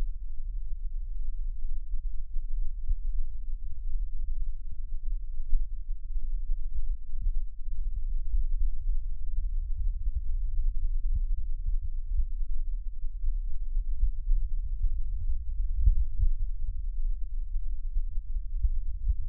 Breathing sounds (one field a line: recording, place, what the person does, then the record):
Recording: lung sounds by stethoscope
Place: right anterior apical chest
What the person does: quiet breathing, then deep breathing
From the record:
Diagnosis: COPD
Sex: male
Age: 65 years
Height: 162 cm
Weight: 67.8 kg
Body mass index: 25.8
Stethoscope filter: bell mode